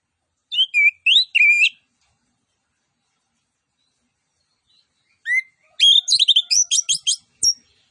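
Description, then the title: Orange-headed thrush song: a short burst of twisting whistles, then a long silence, then a rapid, varied run of sharp chirps and slurred notes. Master (masteran) audio of an actively singing bird, with full fill-in phrases that include mimicked cililin notes. "Anis Kembang Gacor 15. MASTERAN ANIS KEMBANG ISIAN FULL DENGAN TEMBAKAN CILILIN"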